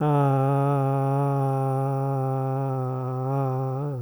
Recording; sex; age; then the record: sustained vowel /a/; male; 70 to 79 years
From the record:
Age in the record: 74 years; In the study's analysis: included